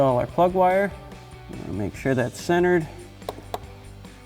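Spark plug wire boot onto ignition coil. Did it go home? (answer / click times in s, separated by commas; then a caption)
yes / 3.3 s, 3.5 s. On a 2018-2020 5.0L Ford F-150 with a Dragon Fire Performance ignition tune-up kit, a spark plug wire boot is centered and pushed onto the ignition coil terminal while someone talks. Two sharp clicks are heard at 3.3 s and 3.5 s as the boot seats onto the coil.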